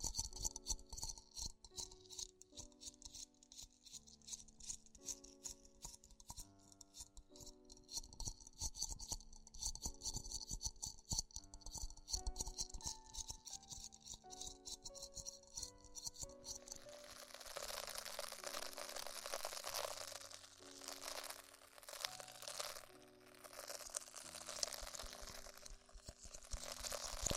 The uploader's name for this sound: Extremely Tingly Ear Exploration